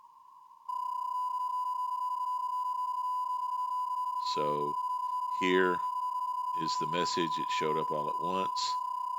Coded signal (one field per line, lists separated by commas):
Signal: PSK31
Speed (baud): 31.25 baud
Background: speech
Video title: Elecraft K4 built-in PSK feature - Transmitting